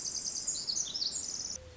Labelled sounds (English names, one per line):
Pacific Wren